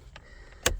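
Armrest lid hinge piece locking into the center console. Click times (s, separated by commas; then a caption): 0.7 s. On a Mercedes S550 (W221), a plastic hinge/latch piece of the center console armrest lid is pushed into place during refitting. After a faint tick near 0.2 s, a sharp, loud click at 0.7 s marks the piece locking in, and the lid mechanism is seated.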